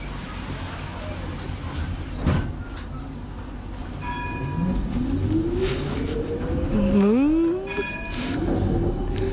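Steady low rumble of a tram in motion in Amsterdam, with a rising electric motor whine and squealing wheels, while a bright ringing bell sounds briefly twice, once midway and again near the end.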